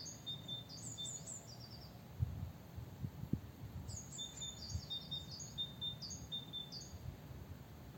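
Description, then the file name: Great tit calls: a burst of thin, high, falling notes with flat whistles, then a longer series after a pause. A few low thumps sound in between. "Parus major"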